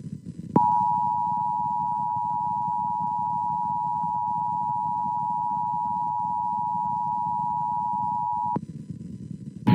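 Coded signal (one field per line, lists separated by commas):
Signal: Emergency Alert System (SAME) tones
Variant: 853 and 960 Hz attention tone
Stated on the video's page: 2021 nationwide EAS National Periodic Test, captured from broadcasts of several nearby radio and television stations.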